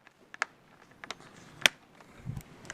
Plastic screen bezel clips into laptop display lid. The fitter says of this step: and just go like this around the whole thing until each side clicks in for you.